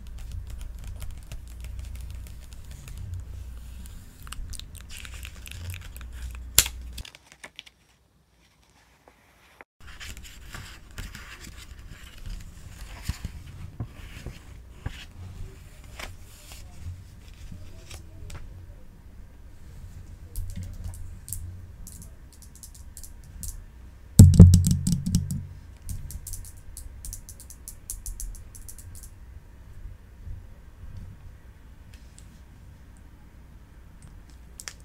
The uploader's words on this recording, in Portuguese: Aqui temos um ASMR brasileiro super relaxante com sons de folhas do lindo livro "Contos de Grimm".